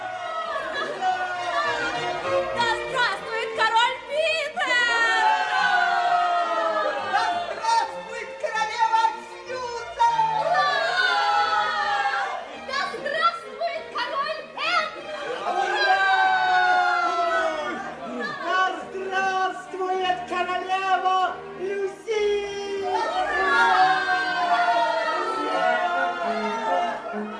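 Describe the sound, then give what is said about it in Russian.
A large crowd cheers joyfully in the great hall of Cair Paravel in Narnia as Aslan crowns the heroes and leads them to four thrones. Many excited voices shout and call at once, loud and sustained, with a couple of brief lulls before swelling again. “Под радостные крики Аслан подвел их к четырем тронам.”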